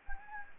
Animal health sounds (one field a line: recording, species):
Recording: mosquito wingbeat signal from an infrared sensor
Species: Anopheles gambiae